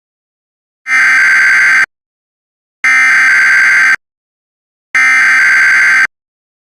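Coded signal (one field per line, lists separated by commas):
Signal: Emergency Alert System (SAME) tones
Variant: header bursts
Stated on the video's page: Mock EAS alert, a test recreation.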